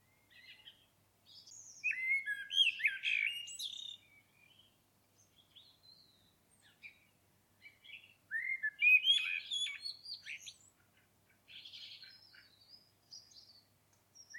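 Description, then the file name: Common blackbird singing: a few warbled phrases with scratchy high twittering and thin squeaks, separated by quieter gaps. "Turdus merula"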